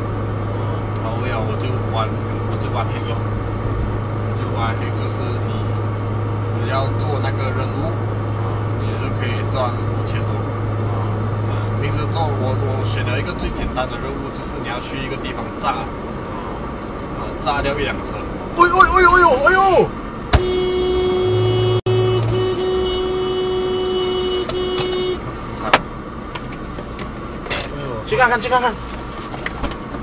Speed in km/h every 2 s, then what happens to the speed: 48, 49, 48, 48, 49, 49, 51, 49, 50, 42, 28, 27, 11, 1, 0.
0-17 steady at about 49. 17-26 brakes to 1. 26-30 standing.